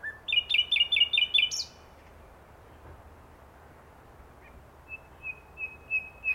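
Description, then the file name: Common nightingale song: a quick run of repeated chirping notes ending in a short buzzy flourish, then silence before a series of soft, evenly spaced whistles. "Luscinia megarhynchos"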